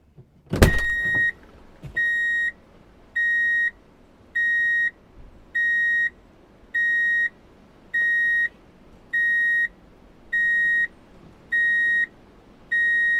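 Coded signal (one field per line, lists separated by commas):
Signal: alarm pattern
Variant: reversing beeper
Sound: steady repeating high beeps, about eleven, evenly spaced, after an initial thump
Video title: Drive in Reverse Beep Alert - Sound Effect [4K]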